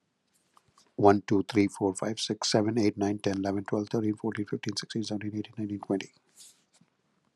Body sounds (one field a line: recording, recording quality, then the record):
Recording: counting at a fast pace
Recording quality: excellent, no background noise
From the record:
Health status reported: healthy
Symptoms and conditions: none ticked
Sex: male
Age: 50 years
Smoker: not ticked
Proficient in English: yes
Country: United States